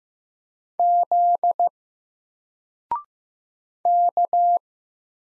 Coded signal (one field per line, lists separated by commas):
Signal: Morse code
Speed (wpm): 15 wpm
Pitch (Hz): 700 Hz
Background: none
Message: Z K